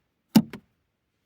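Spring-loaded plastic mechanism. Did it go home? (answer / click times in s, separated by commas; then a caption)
yes / 0.4 s. After the service-release cord in an automatic transmission shifter is pulled upward and let go, the mechanism springs back into place on its own. This release cord is used to shift into neutral when the battery is dead. A sharp, loud knock at 0.4 s marks it seating, followed by a quieter second knock at 0.5 s, then silence.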